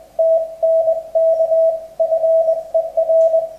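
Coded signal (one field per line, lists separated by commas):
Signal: Morse code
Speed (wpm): 20 wpm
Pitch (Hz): 650 Hz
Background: radio noise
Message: TNK FER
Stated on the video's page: On-air CW CQ calls and contacts on 40m sent with a PS213 straight key fitted with a new steel base.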